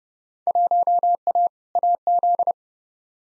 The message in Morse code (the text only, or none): 1A AZ